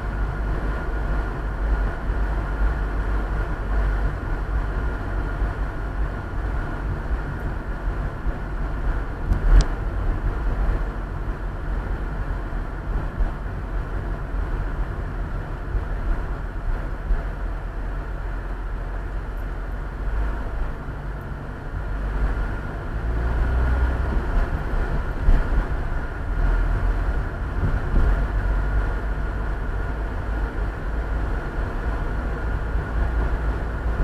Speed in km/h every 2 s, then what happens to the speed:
39, 40, 39, 38, 36, 35, 33, 31, 25, 18, 12, 16, 20, 22, 26, 29, 30.
0-20 slows to 12. 20-34 speeds up to 30.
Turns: none.